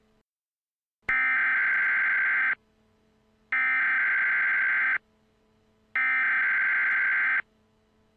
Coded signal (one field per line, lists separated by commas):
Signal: Emergency Alert System (SAME) tones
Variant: header bursts